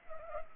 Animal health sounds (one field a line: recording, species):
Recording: mosquito wingbeat signal from an infrared sensor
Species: Culex pipiens